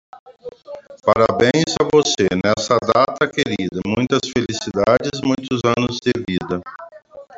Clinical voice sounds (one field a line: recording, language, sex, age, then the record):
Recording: short text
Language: Brazilian Portuguese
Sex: male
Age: 50 to 59 years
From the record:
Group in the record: control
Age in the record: 52 years